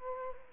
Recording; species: mosquito wingbeat signal from an infrared sensor; Culex quinquefasciatus